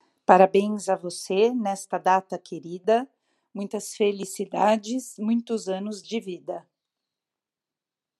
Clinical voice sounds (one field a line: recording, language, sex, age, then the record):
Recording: short text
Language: Brazilian Portuguese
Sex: female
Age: 50 to 59 years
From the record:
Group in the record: control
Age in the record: 52 years